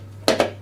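A plastic mulching plug is pushed into the rear discharge opening of a Hyundai HYM460SP lawn mower deck until it seats. A sharp click sounds at 0.3 s, followed by a quieter second click at 0.4 s over a steady low hum. The plug is seated.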